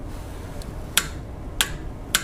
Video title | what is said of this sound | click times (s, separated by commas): HOW TO CHANGE ENGINE OIL ON BMW X3 BMW X4 XDRIVE35I SDRIVER35I F25 F26 | okay perfect listen for that click now | 1.0 s, 1.6 s, 2.1 s